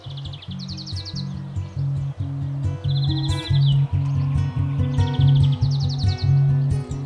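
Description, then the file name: European greenfinch uttering several short rattling trills, some higher and some lower, over a heavy droning low hum throughout. "verderon"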